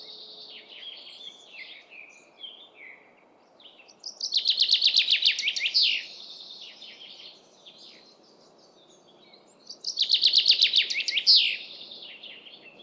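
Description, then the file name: Common chaffinch song: two loud phrases about six seconds apart, each a rapid descending series of bright notes ending in a flourish, with softer twittering between. "Fringilla coelebs"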